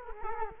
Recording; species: mosquito wingbeat signal from an infrared sensor; Culex quinquefasciatus